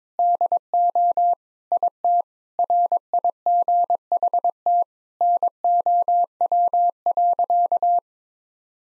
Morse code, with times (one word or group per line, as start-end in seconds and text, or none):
0.2-1.3 DO
1.7-2.2 IT
2.6-4.8 RIGHT
5.2-8.0 NOW.